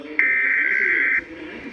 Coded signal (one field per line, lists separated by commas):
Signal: Emergency Alert System (SAME) tones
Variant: header bursts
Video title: EAS #157 Severe Thunderstorm Warning